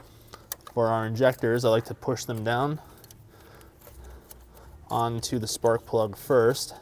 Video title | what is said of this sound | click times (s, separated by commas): BMW N55 Rod Bearing Replacement DIY Part 2 (2009-2019 BMW E90 335i, F30 335i, F87 M2, E82 135is) | want to hear a nice audible click. | 0.5 s